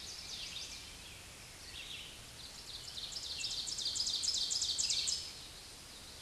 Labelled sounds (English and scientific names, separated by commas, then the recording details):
Ovenbird (Seiurus aurocapilla) song
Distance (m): 50 m
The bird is about 15 m above the microphone
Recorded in a Pennsylvania forest on 16 May 2024 at 07:33
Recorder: AudioMoth, point MSD-1539
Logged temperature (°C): 16.0 °C
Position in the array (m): 171 m, -34 m